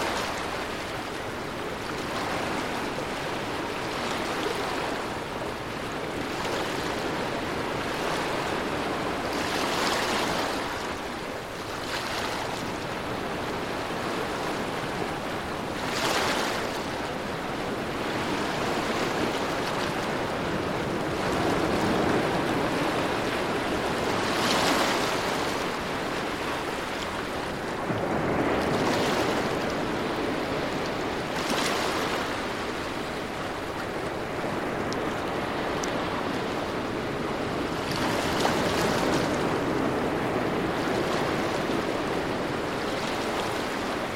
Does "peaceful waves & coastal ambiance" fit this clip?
yes